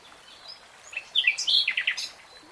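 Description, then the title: Nightingale song: a short phrase of bright whistles and a few quick stuttered notes. Heard in real time, not slowed. "[Tiếng chim hót] Nightingale Singing"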